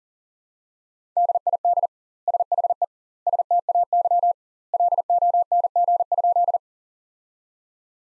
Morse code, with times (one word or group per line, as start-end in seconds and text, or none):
1.2-1.9 DID
2.3-2.8 SHE
3.3-4.3 STAY
4.7-6.6 LONG?